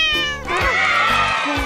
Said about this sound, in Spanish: Niños, ¿saben qué animal hace miau? ¡Es el gato!